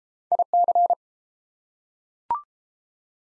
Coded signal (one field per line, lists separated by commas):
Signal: Morse code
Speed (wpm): 28 wpm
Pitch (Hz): 700 Hz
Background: none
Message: IC